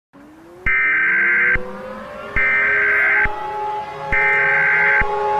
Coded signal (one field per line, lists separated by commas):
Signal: Emergency Alert System (SAME) tones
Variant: header bursts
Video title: a second EAS SNEAK PEEK VIDEO